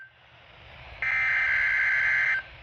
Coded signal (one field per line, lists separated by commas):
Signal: Emergency Alert System (SAME) tones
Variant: header bursts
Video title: EAS 457-463: Required Weekly Test on WXK34, WXK27 Barely, WWG40, WNG696, WNG641, WNG600, WXK67